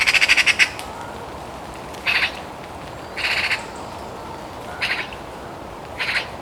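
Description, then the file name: Eurasian magpie giving a harsh, rapid rattling chatter, then four shorter harsh bursts. "Pica pica"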